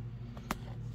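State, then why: Seated. While new rear drum brake shoes are fitted on a 1988 first-generation Toyota 4Runner, the metal hold-down spring retainer is twisted on its pin in the rear drum brake backing plate. A faint tick at 0.4 s comes just before a single sharp metallic click at 0.5 s as the retainer locks in place, over a low steady hum. Someone talks around it.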